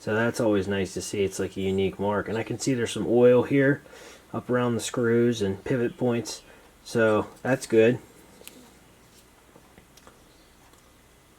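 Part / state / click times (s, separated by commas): folding knife blade lock engaging in the handle / seated / 8.5 s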